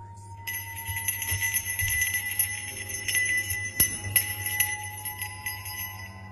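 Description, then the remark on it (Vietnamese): A small bell hung on a household altar jingles continuously at night for several seconds, bright high-pitched tinkling shimmering in an uneven rhythm over a low steady hum, moderately soft throughout. “Đang thiêm thiếp trong giấc chập chờn, ông Cập bị đánh thức bởi tiếng leng keng như là tiếng chuông.”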